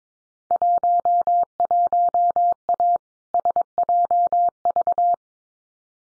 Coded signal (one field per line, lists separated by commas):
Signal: Morse code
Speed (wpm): 22 wpm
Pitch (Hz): 700 Hz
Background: none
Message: 11A SJV